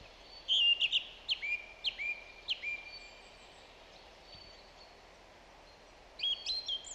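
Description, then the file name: Song thrush song: a loud opening phrase, then a sharp downslurred whistle repeated a few times, a pause, and a new phrase. "Zanglijster Turdus philomelos"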